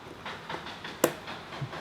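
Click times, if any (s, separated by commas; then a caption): 1.0 s. A small white tab is pulled back and a wiring connector of the sensor harness on a Onewheel electric skateboard is pushed in its plastic socket, with soft rhythmic rubbing and bumps around 0.3 s and 0.9 s. A sharp, brief plastic click at 1.0 s is the latch releasing, so the connector is freed and can be wiggled out.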